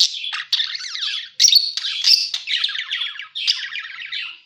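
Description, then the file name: Parakeet chatter of wavering, buzzy warbles and a few harsh squawks in several drawn-out phrases. Lure sound used to attract and catch parakeets. "pancingan suara burung parkit"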